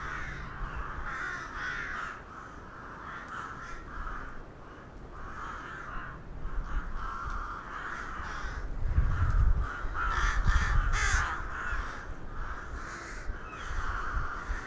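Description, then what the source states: Crows cawing in a large noisy chorus, repeated harsh calls in uneven bursts, a deep rumble swelling midway through. Crows recorded in Hernals, Vienna, in December 2021.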